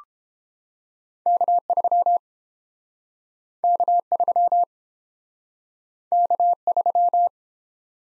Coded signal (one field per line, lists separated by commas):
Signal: Morse code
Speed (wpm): 30 wpm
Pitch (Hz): 700 Hz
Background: none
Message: K3 K3 K3